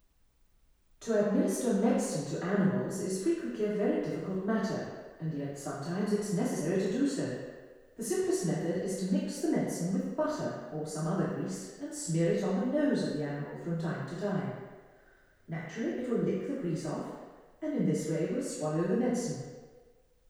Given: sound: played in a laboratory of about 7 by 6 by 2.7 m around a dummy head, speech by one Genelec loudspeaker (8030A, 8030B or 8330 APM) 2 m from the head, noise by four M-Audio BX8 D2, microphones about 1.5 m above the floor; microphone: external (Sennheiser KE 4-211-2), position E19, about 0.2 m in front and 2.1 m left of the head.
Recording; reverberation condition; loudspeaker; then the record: female speech in English; high; 150 degrees to the left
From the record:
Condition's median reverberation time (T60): about 1300 ms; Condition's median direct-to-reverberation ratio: about -4.0 dB